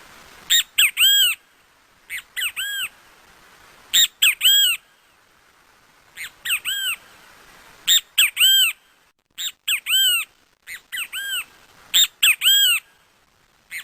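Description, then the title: Great kiskadee calling in a long series of loud, arched phrases, each of two or three notes, repeated at irregular intervals throughout. Recorded outdoors in Parque Avellaneda. "Canto Del Benteveo Aula A Cielo Abierto Parque Avellaneda"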